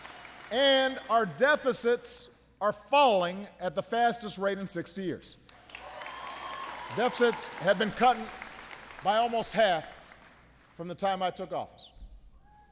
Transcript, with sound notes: And our deficits are falling at the fastest rate in 60 years. (Applause.) Deficits have been cut by almost half from the time I took office.